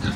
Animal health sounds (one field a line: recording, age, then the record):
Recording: pig call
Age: growing-finishing pig (85 days or more)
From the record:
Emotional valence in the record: positive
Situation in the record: run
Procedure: transit